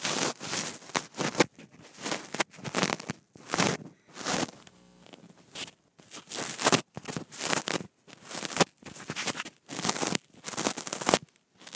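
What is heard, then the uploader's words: Fabric rubs and scrapes against a microphone on a shirt in quick, uneven bursts, with hissy bright rustles and brief near-silent pauses between. ASMR Microphone on Shirt.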